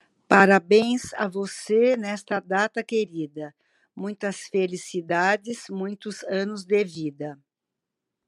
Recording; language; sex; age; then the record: short text; Brazilian Portuguese; female; 60 to 69 years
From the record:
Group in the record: control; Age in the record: 63 years